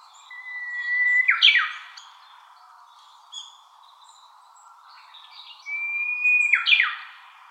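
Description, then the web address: Japanese bush warbler singing twice: each phrase is a level whistle held for about a second, then a rapid tumbling run of descending notes. A soft chirp sounds between the phrases. "birdenaga uguisu"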